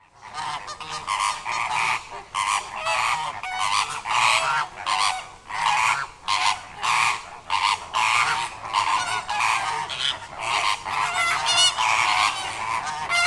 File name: Phoenicopterus roseus (Rosaflamingo - Greater Flamingo) — Weltvogelpark Walsrode 2013